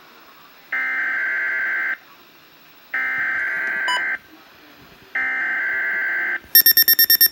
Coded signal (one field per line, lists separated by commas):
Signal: Emergency Alert System (SAME) tones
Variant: header bursts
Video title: Weatheradio Canada EAS # 1 Thunderstorm And Tornado XLM 572 Edmonton / XOF 962 Cooking Lake , AB